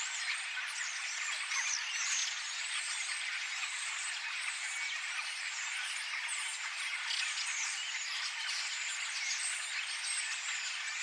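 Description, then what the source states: Common starlings chattering together as a flock, a dense continuous mix of whistles, clicks and rattling notes overlapping throughout. Flock of starlings singing together in chorus, recorded 13 September 2024.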